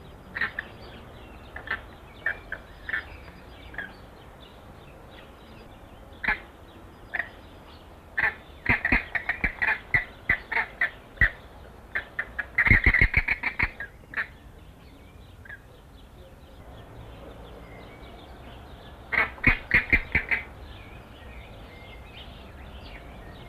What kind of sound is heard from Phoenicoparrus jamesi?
call